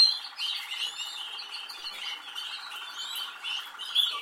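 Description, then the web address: Canary song: fast chattering warble over a steady low buzzing roll running throughout. "Golchin Best Canari Seda Canari. Niyaz Music)"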